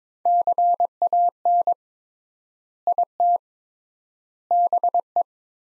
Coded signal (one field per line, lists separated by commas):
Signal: Morse code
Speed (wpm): 22 wpm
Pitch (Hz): 700 Hz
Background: none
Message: CAN IT BE